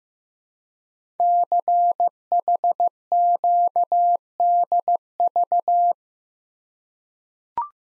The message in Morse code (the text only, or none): CHQDV